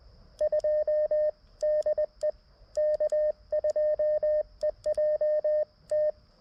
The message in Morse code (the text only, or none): 2 DE K2EJT